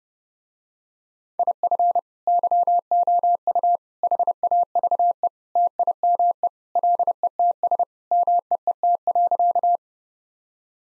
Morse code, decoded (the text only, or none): IF YOU HAVE TIME LETS MEET.